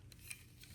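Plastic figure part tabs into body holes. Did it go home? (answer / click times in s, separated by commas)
no / none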